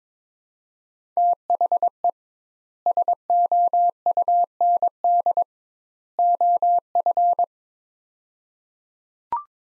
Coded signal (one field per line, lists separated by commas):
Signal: Morse code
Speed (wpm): 22 wpm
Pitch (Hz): 700 Hz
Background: none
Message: THE SOUND OF